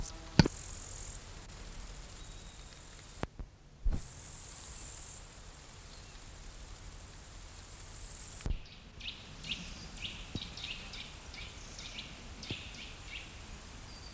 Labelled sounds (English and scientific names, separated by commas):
Eurasian Jay (Garrulus glandarius) call